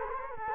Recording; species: mosquito wingbeat signal from an infrared sensor; Culex quinquefasciatus